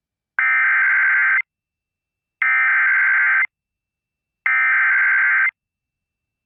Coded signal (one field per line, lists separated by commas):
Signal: Emergency Alert System (SAME) tones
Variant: header bursts